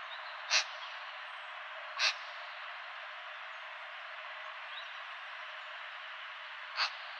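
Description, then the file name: Eurasian magpie giving three short, harsh, noisy call notes, two about a second and a half apart and a last one near the end, over steady background hiss. "Pica pica"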